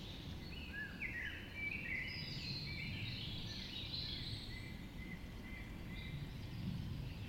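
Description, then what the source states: Dawn chorus with several birds singing at once, warbled and whistled phrases over a low background hum. Dawn chorus recorded just after dawn in the Forest of Dean.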